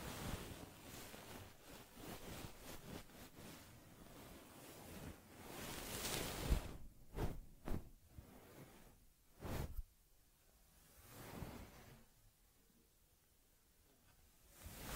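Soft rubbing and brushing on a teddy bear's fur, dense and continuous at first, then separate swishing strokes with quieter pauses between them.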